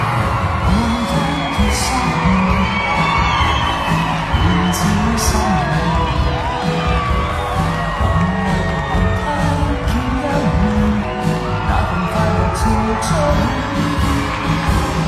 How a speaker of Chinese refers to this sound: 所有人都被气氛感染，欢呼跟着音乐跳，晚会成了蹦迪现场